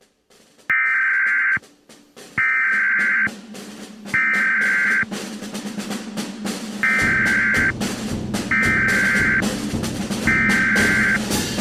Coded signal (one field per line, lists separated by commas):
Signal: Emergency Alert System (SAME) tones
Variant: header bursts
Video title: EAS Scenario: 2nd American Civil War